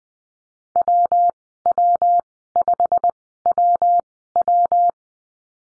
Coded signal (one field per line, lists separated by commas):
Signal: Morse code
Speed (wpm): 19 wpm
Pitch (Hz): 700 Hz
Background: none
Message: WW5WW